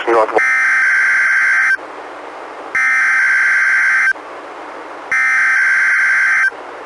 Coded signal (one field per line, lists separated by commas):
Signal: Emergency Alert System (SAME) tones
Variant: header bursts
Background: speech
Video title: EAS #255: NWR Required Weekly Test- June 27, 2018- 11:05AM PDT